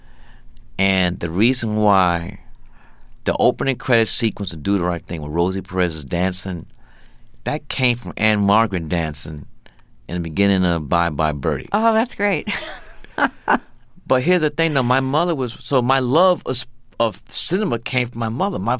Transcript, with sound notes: And the reason why the opening credit sequence to "Do The Right Thing" where Rosie Perez is dancing - that came from Ann-Margret dancing in the beginning of "Bye Bye Birdie."
Oh, that's great (laughter).
But here's the thing now. My mother was - so my love of cinema came from my mother.